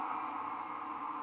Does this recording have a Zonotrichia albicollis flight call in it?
no